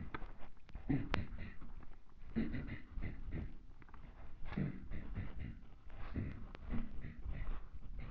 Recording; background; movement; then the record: throat clearing; quiet; walking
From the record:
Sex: male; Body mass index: 23.7 kg/m2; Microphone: on the chest, facing the body